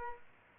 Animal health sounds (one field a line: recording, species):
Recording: mosquito wingbeat signal from an infrared sensor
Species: Aedes aegypti